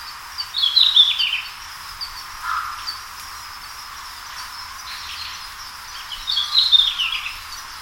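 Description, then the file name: Red-flanked bluetail song: two short, bright warbled phrases that drop in pitch, about six seconds apart, with a faint lower note between them over steady background hiss. "ruribitaki"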